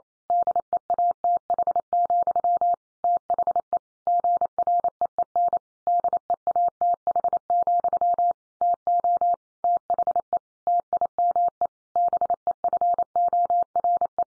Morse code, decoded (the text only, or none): DEATH, THE GREEN DEATH, TO THE TIME BEFORE